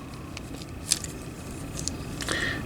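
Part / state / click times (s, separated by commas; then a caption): folded arm/back section of a transforming toy figure locking into the car-mode body / seated / 0.9 s. While a Transformers Studio Series 86-13 Cliffjumper plastic action figure is transformed into car mode, its folded arm and back sections are pushed into the car-mode body. A few faint taps and clicks surround one sharp plastic click at 0.9 s. The sections lock into place.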